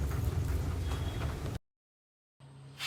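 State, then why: Not seated. A KTM ADV motorcycle footrest and its spring are centred on the mount of a Hero Impulse and pushed onto the bracket so it will lock in place. A dense, rumbling broadband noise runs until about 1.6 s, then cuts to silence before a quieter hiss with a steady high tone returns near 2.4 s and swells at the very end. The clip stops before the footrest goes home, so nothing has seated or clicked yet.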